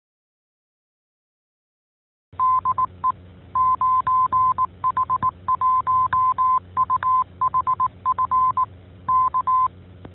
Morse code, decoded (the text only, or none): DE 9H1UHF K